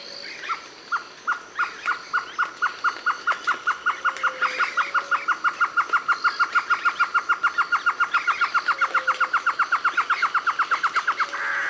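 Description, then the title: Great antshrike call: a long series of hollow hooting notes that starts slow and steadily speeds up. Subspecies semifasciatus. "LuckyPassaro Completos2Sama. Great Antshrike"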